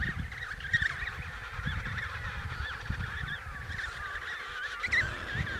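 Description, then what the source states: Emperor penguins calling together, a steady wavering chorus of many birds, with gusty low rumbling in the background. Antarctica.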